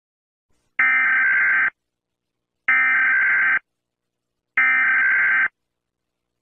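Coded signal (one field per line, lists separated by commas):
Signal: Emergency Alert System (SAME) tones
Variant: header bursts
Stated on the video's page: Fictional Emergency Alert System scenario, not a real alert.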